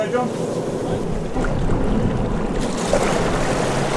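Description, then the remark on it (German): A chartered boat heads out fishing on the glassy-calm Hauraki Gulf off Auckland, New Zealand, in fine weather, its steady low engine rumble mixed with a broad rush of water and light wind noise that holds constant throughout. “Wir chartern ein Boot und fahren bei schönstem Wetter zum Fischen hinaus in den spiegelglatten Hauraki-Golf.”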